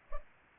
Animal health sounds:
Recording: mosquito wingbeat signal from an infrared sensor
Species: Culex pipiens

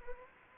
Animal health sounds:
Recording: mosquito wingbeat signal from an infrared sensor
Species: Anopheles arabiensis

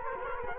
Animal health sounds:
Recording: mosquito wingbeat signal from an infrared sensor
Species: Culex quinquefasciatus

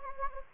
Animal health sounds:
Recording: mosquito wingbeat signal from an infrared sensor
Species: Anopheles gambiae

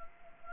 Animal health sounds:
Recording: mosquito wingbeat signal from an infrared sensor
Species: Anopheles gambiae

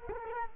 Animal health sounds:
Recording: mosquito wingbeat signal from an infrared sensor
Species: Culex quinquefasciatus

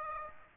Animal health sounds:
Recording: mosquito wingbeat signal from an infrared sensor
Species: Aedes aegypti

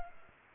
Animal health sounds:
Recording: mosquito wingbeat signal from an infrared sensor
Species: Culex pipiens

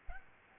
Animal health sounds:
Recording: mosquito wingbeat signal from an infrared sensor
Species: Aedes albopictus

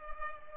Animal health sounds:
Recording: mosquito wingbeat signal from an infrared sensor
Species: Culex pipiens

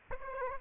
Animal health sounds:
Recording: mosquito wingbeat signal from an infrared sensor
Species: Aedes aegypti

